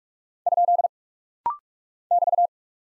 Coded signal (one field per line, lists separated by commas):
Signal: Morse code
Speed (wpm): 46 wpm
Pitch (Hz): 700 Hz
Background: none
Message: ? <BT>